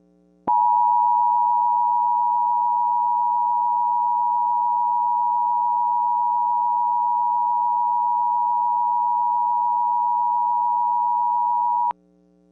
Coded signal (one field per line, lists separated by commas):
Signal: Emergency Alert System (SAME) tones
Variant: 853 and 960 Hz attention tone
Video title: Johto Windstorm (EAS Scenario)